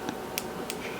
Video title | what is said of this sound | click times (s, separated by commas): Step-by-Step Installation of the 70mai Dash Cam 4K Smart A810 | We're just gonna push it in until it clicks. | 0.4 s